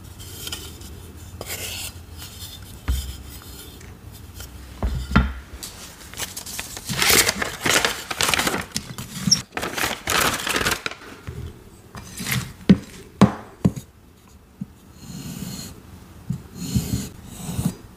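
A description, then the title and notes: A block of gym chalk is cut and shaved, with dry rasping strokes that scrape in short bursts. Around the middle the shaving grows dense and gritty, then gives way to sharper chopping taps spaced a second or so apart. Cutting & Shaving Plain Gym Chalk Prep. ASMR triggers cutting, shaving, chopping gym chalk and more.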